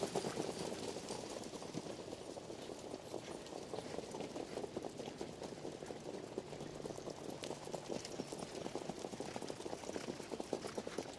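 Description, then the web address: Horses galloping, a dense continuous drumming of hoofbeats on the ground with steady rough noise throughout. Several horses running on a racecourse. "son de chevaux courant sur lhippodrome"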